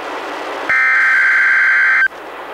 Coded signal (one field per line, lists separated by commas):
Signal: Emergency Alert System (SAME) tones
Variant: header bursts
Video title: EAS #70-71: 2 NWR Required Weekly Tests- Aug. 19-26, 2015